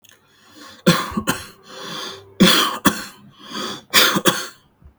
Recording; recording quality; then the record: heavy voluntary cough; excellent, no background noise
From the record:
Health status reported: healthy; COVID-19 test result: negative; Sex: male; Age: 34 years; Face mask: not worn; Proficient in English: yes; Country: India